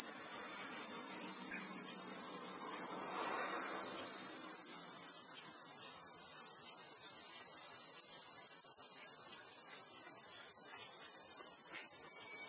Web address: ニイニイゼミ. arpla 自然音研究室